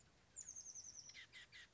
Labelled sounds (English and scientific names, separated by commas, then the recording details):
Oak Titmouse (Baeolophus inornatus)
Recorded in Sonoma County, California